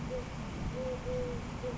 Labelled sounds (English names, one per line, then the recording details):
Eurasian Collared Dove
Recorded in Sonoma County, California